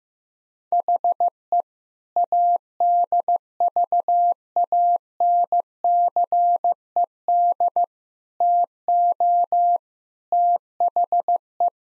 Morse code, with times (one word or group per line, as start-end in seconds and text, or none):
0.7-1.6 HE
2.2-7.8 ADVANCED
8.4-9.8 TO
10.3-11.7 THE